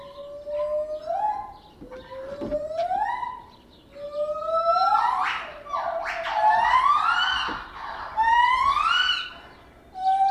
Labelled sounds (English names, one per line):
Lar Gibbon